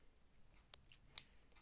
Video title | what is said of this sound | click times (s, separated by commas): Cars 2 story play set | that should click in. | 1.2 s